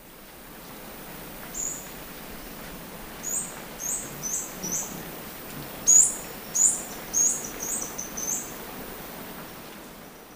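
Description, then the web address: Tawny-bellied hermit call series: thin, high squeaky chips in loose bursts, growing louder in the middle before fading, over a soft background hiss. Ecuador. "Birds of Ecuador. Tawny-bellied Hermit"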